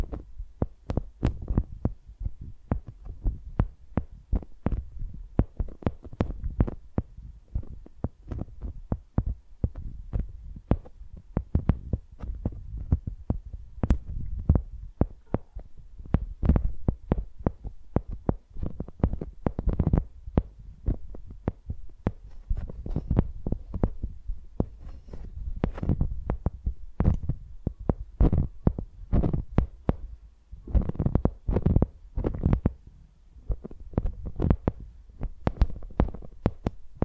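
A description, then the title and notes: A microphone is handled like a pencil, producing a dense, irregular stream of soft thuds and knocks, several each second, for the whole stretch. The hits are mostly low and muffled, with occasional sharper clicks cutting through, and a faint low hum underneath. Using Mics as Pencils (No Talking).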